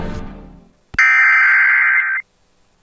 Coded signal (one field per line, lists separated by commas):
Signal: Emergency Alert System (SAME) tones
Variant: header bursts